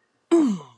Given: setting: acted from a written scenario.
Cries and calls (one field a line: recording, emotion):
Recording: vocal sound without words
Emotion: anger